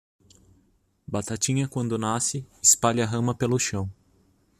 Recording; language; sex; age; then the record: short text; Brazilian Portuguese; male; 30 to 39 years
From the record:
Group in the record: control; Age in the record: 32 years